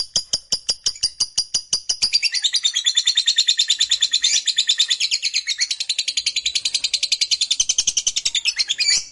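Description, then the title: Lovebird song, spaced sharp ticks that merge into a continuous rapid, buzzy chatter of high notes. Recording meant to make a lovebird that is reluctant to sing become eager and sing spontaneously at length, called narik. "LOVEBIRD Malas Bunyi JADI GREGET SPONTAN Langsung NARIK"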